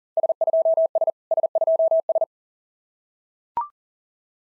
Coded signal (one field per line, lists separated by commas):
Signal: Morse code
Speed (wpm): 35 wpm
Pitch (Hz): 660 Hz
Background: none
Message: S2S S2S